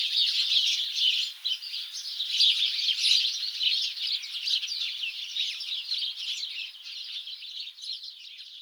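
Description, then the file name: House sparrows chirping in a busy chorus, rapid overlapping chirps that are loud at first, then grow somewhat quieter toward the end. "Passer domesticus"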